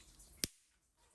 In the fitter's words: hear that that's a snapping